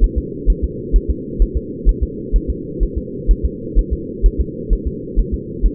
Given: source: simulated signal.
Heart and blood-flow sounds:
fetal heart sounds
0.04 s: S1
0.18 s: S2
0.50 s: S1
0.64 s: S2
0.96 s: S1
1.10 s: S2
1.42 s: S1
1.57 s: S2
1.89 s: S1
2.03 s: S2
2.36 s: S1
2.50 s: S2
2.83 s: S1
2.98 s: S2
3.31 s: S1
3.45 s: S2
3.79 s: S1
3.93 s: S2
4.26 s: S1
4.41 s: S2
4.73 s: S1
4.87 s: S2
5.19 s: S1
5.34 s: S2
5.66 s: S1
From the record:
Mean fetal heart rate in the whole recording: 130 bpm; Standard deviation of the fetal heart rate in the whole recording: 2 bpm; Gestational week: 36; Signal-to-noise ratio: -4.1 dB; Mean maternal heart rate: no maternal heart sound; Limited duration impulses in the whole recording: absent

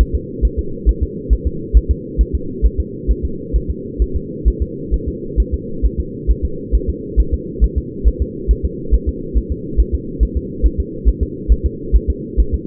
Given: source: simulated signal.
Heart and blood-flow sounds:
fetal heart sounds
0.01 s: S1
0.15 s: S2
0.45 s: S1
0.59 s: S2
0.89 s: S1
1.03 s: S2
1.33 s: S1
1.47 s: S2
1.77 s: S1
1.91 s: S2
2.21 s: S1
2.35 s: S2
2.66 s: S1
2.80 s: S2
3.11 s: S1
3.25 s: S2
3.56 s: S1
3.71 s: S2
4.02 s: S1
4.16 s: S2
4.48 s: S1
4.62 s: S2
4.94 s: S1
5.08 s: S2
5.40 s: S1
5.54 s: S2
5.85 s: S1
6.00 s: S2
6.31 s: S1
6.45 s: S2
6.75 s: S1
6.90 s: S2
7.20 s: S1
7.34 s: S2
7.64 s: S1
7.78 s: S2
8.07 s: S1
8.22 s: S2
8.51 s: S1
8.65 s: S2
8.94 s: S1
9.09 s: S2
9.37 s: S1
9.52 s: S2
9.80 s: S1
9.95 s: S2
10.23 s: S1
10.37 s: S2
10.66 s: S1
10.80 s: S2
11.09 s: S1
11.23 s: S2
11.52 s: S1
11.66 s: S2
11.96 s: S1
12.10 s: S2
12.40 s: S1
12.54 s: S2
From the record:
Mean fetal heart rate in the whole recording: 135 bpm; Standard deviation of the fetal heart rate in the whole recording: 3 bpm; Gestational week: 34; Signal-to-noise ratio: -4.3 dB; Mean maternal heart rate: 72 bpm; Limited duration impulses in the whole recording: absent

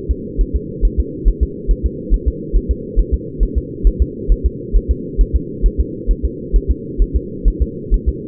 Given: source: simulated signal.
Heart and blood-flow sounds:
fetal heart sounds
0.11 s: S2
0.41 s: S1
0.56 s: S2
0.85 s: S1
1.00 s: S2
1.28 s: S1
1.43 s: S2
1.71 s: S1
1.86 s: S2
2.14 s: S1
2.28 s: S2
2.56 s: S1
2.71 s: S2
3.00 s: S1
3.14 s: S2
3.43 s: S1
3.58 s: S2
3.87 s: S1
4.02 s: S2
4.32 s: S1
4.46 s: S2
4.76 s: S1
4.91 s: S2
5.21 s: S1
5.36 s: S2
5.66 s: S1
5.81 s: S2
6.11 s: S1
6.25 s: S2
6.56 s: S1
6.71 s: S2
7.02 s: S1
7.16 s: S2
7.48 s: S1
7.62 s: S2
7.94 s: S1
8.09 s: S2
From the record:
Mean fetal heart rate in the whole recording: 135 bpm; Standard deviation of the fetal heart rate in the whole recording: 3 bpm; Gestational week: 36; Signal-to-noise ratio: -4.1 dB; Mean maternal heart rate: no maternal heart sound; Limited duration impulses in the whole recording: absent

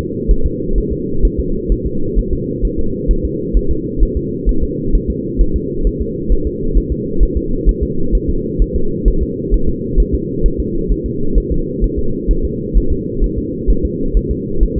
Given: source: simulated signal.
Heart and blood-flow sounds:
fetal heart sounds
0.31 s: S1
0.46 s: S2
0.78 s: S1
0.93 s: S2
1.25 s: S1
1.39 s: S2
1.72 s: S1
1.86 s: S2
2.19 s: S1
2.33 s: S2
2.65 s: S1
2.79 s: S2
3.11 s: S1
3.25 s: S2
3.57 s: S1
3.71 s: S2
4.03 s: S1
4.17 s: S2
4.49 s: S1
4.63 s: S2
4.95 s: S1
5.10 s: S2
5.41 s: S1
5.56 s: S2
5.87 s: S1
6.02 s: S2
6.32 s: S1
6.47 s: S2
6.77 s: S1
6.92 s: S2
7.23 s: S1
7.37 s: S2
7.69 s: S1
7.83 s: S2
8.15 s: S1
8.30 s: S2
8.62 s: S1
8.76 s: S2
9.08 s: S1
9.23 s: S2
9.54 s: S1
9.69 s: S2
10.00 s: S1
10.15 s: S2
10.46 s: S1
10.60 s: S2
10.92 s: S1
11.06 s: S2
11.38 s: S1
11.52 s: S2
11.84 s: S1
11.99 s: S2
12.31 s: S1
12.45 s: S2
12.77 s: S1
12.92 s: S2
13.24 s: S1
13.38 s: S2
13.70 s: S1
13.85 s: S2
14.17 s: S1
14.31 s: S2
14.63 s: S1
14.78 s: S2
From the record:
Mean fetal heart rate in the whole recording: 130 bpm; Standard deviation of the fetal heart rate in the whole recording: 2 bpm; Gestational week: 36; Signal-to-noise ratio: -8.1 dB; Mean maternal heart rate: 72 bpm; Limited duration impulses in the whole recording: absent

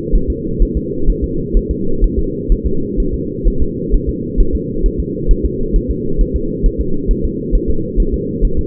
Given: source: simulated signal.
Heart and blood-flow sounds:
fetal heart sounds
0.16 s: S1
0.30 s: S2
0.62 s: S1
0.77 s: S2
1.09 s: S1
1.24 s: S2
1.57 s: S1
1.71 s: S2
2.04 s: S1
2.19 s: S2
2.52 s: S1
2.66 s: S2
3.00 s: S1
3.14 s: S2
3.48 s: S1
3.62 s: S2
3.94 s: S1
4.09 s: S2
4.41 s: S1
4.55 s: S2
4.86 s: S1
5.00 s: S2
5.31 s: S1
5.45 s: S2
5.76 s: S1
5.91 s: S2
6.21 s: S1
6.36 s: S2
6.66 s: S1
6.81 s: S2
7.11 s: S1
7.25 s: S2
7.55 s: S1
7.70 s: S2
8.00 s: S1
8.14 s: S2
8.45 s: S1
8.59 s: S2
From the record:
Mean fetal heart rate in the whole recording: 130 bpm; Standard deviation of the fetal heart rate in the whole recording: 4 bpm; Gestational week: 38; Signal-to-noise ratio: -8.1 dB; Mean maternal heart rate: 72 bpm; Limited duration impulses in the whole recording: absent

